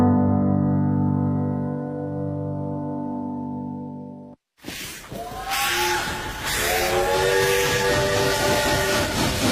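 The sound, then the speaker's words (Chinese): A loud, steady train whistle holds a rich, chord-like tone for about four seconds, then cuts off abruptly, giving way to clattering train noise with shrill, wavering squeals. “伴随着这火车的汽笛声，开启我们今天城市文化范儿的访谈部分。”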